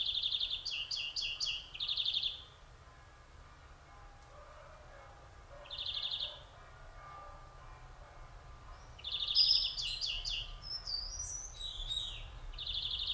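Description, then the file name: European greenfinch calls: rapid trilled twitters around mid-high pitch in several bursts, with pauses between and a few sharper chirps near the end. "Chloris chloris"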